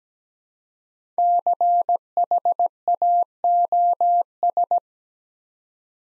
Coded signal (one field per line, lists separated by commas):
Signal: Morse code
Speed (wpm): 17 wpm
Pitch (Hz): 700 Hz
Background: none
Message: CHAOS